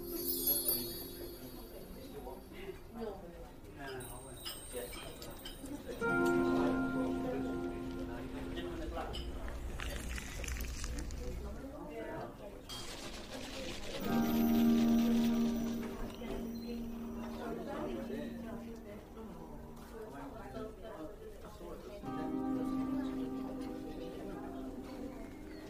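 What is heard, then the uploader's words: Fantasy fairy cafe ambience with steady murmuring chatter, bright tonal swells around six, fourteen and twenty-two seconds, and a low rumble near ten. Fantasy fairy cafe asmr ambience.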